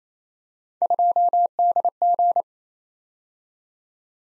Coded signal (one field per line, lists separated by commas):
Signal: Morse code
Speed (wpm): 27 wpm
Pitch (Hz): 700 Hz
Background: none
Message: 2DG